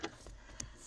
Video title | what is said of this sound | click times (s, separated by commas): 2019+ Sprinter 907 Battery Replacement | You hear that click as it goes in? | 0.6 s